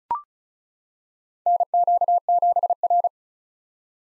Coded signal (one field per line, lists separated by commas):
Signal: Morse code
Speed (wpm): 34 wpm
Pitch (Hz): 700 Hz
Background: none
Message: NQ7R